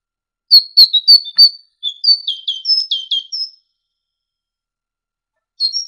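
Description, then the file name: Great tit song: sharp high notes followed by a rapid string of alternating whistled syllables, then a brief new phrase after a pause. Training ('masteran') recording for songbirds. "suara masteran great tit"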